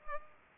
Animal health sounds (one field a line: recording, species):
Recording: mosquito wingbeat signal from an infrared sensor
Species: Culex pipiens